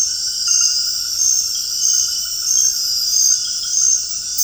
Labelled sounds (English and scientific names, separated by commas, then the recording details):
none
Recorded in dense forest near Puerto Asís, Putumayo, Colombia, on 21 February 2024 at 02:00
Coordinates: 0.485, -76.325
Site G6429